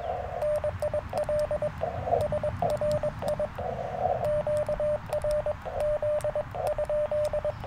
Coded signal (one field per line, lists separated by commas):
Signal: Morse code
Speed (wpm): 21 wpm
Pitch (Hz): 600 Hz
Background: radio noise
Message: NIL SRI QRZ?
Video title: Morning Morse Code - 04/16/2024